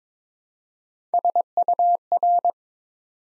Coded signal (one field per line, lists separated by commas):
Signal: Morse code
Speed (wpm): 22 wpm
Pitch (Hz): 700 Hz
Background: none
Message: SUR